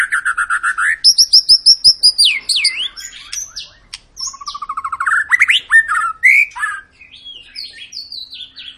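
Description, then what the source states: White-rumped shama song, loud and varied: a rapid series of pure whistles, swooping slurs and fast chattering trills. Long, energetic lure song used to prompt other birds to sing.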